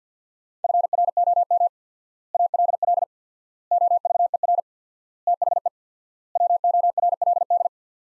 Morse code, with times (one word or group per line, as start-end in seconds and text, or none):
0.6-1.7 FROM
2.3-3.0 ALL
3.7-4.6 OVER
5.3-5.7 THE
6.4-7.7 WORLD